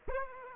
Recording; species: mosquito wingbeat signal from an infrared sensor; Aedes aegypti